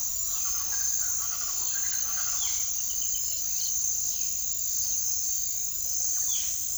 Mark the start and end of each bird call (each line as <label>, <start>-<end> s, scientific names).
Ortalis guttata, 0.00-2.44 s
Cyanocorax violaceus, 6.15-6.54 s